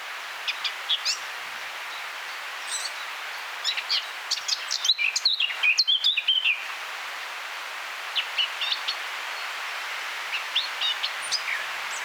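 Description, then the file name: Eurasian blackcap calls: short, high chirps and ticks scattered throughout, thickening into a brief, quick warbled burst midway, over a steady, hissing outdoor background. "Sylvia atricapilla"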